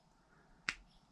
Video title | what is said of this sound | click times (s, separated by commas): Part 9 in the TRAILER TRASHED Series ⁉️ FRANKENARLO | oh that screw just stripped why did that screw strip this driver is awesome | 0.7 s